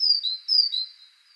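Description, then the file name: Great tit giving two bright see-saw phrases, a high note then a slightly lower one, repeated once before fading out. "Parus major"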